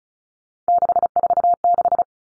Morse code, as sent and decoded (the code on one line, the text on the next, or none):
-.... ....- -....
646